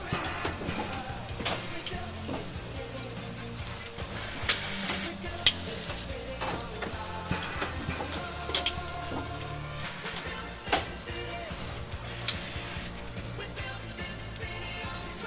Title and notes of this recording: Lab Ambience. Mechanical whirring, tinkering sounds (hammering, drillling, etc), music